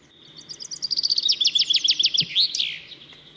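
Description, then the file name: Common chaffinch song: a long run of clear repeated notes falling in pitch, closing with a loud flourish over a steady high background hum. "Fringilla coelebs"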